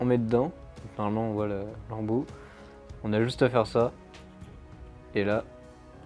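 While assembling a vintage 1993 Playmobil soldiers set (catapult 3653-A and crossbowman 3651-A), a plastic accessory piece is handled and pressed toward its mount on a toy figure or set part. Someone talks throughout, with quiet handling between phrases. Nothing has seated or clicked yet.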